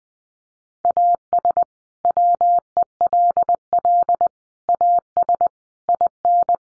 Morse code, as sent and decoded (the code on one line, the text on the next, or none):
.- ... / .-- . .-.. .-.. / .- ... / .. -.
AS WELL AS IN